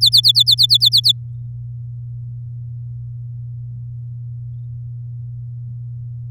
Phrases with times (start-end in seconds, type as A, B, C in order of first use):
0.01-1.12 A